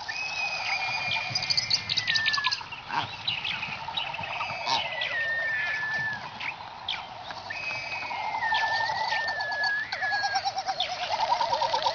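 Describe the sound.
Frigatebird calls: long whistled notes that waver and drop in pitch, repeated several times, mixed with clicking chatter.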